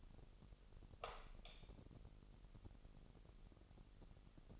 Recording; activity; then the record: daily activity, microphone in the room; light on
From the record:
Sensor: 4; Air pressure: 989.2 hPa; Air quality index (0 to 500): 222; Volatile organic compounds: 79 ppm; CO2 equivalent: 3595 ppm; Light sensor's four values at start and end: 24/79/30/30 and 27/92/34/35